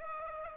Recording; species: mosquito wingbeat signal from an infrared sensor; Aedes aegypti